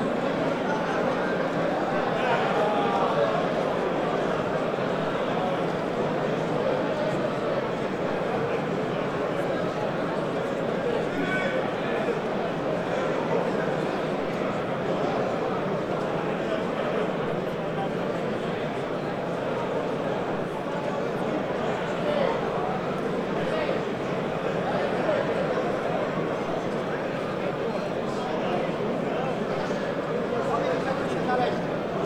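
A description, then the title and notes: A grand hall filled with a steady, dense murmur of many overlapping voices, crowd chatter holding level throughout with faint clinks and footsteps. The Grand Hall.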